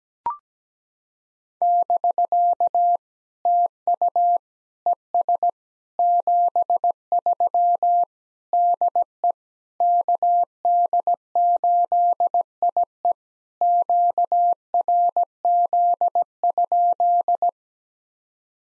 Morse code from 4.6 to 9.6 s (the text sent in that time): ES 73 DE